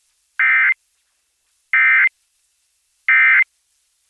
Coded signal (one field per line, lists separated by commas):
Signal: Emergency Alert System (SAME) tones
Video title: LOUD Indiana Monthly Test on WZPL Greenfield, Indiana (99.5 ZPL) (11/17/22) (EAS #60)